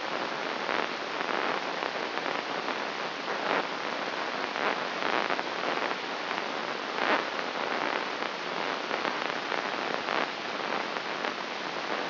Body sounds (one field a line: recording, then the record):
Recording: brain microelectrode recording played as sound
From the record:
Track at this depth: inside the subthalamic nucleus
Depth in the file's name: 4.518 mm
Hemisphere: left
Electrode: 3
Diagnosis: Parkinson's disease